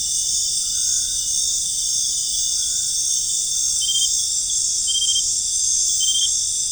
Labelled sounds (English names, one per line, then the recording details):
none
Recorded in dense forest near Puerto Asís, Putumayo, Colombia, on 23 June 2025 at 19:30
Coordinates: 0.481, -76.323
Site G072